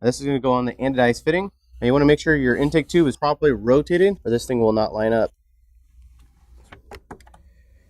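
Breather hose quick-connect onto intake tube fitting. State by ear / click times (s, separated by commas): seated / 7.1 s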